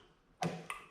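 A metal C-clip is put back on the motor shaft on top of the starter switch to keep the switch from riding backwards. After a quiet start, two short ticking snaps come at 0.4 s and 0.7 s, each fading with a brief ring. The clip seats on the shaft and is confirmed on.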